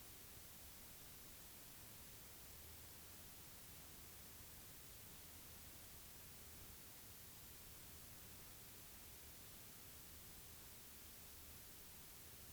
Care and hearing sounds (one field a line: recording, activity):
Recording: daily activity, guitar pickup as the sensor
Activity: stand